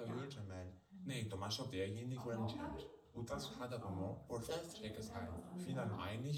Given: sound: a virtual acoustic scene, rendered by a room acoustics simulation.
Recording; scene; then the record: noise of the scene; living room, asymmetric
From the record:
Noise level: 67 dB SPL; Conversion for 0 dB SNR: 5.4 dB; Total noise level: 72.4 dB SPL